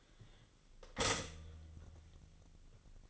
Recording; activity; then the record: daily activity, microphone in the room; stop toaster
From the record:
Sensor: 4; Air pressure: 1002.8 hPa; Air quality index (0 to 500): 237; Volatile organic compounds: 17 ppm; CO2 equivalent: 2577 ppm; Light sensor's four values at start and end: 22/75/28/28 and 18/59/22/21